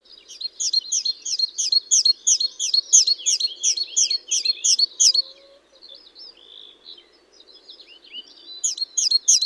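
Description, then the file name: Great tit giving a long run of quick, high, clipped notes, then a brief pause with soft twitters, then the series starts again. "Parus major"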